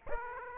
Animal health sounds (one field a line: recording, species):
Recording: mosquito wingbeat signal from an infrared sensor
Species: Aedes aegypti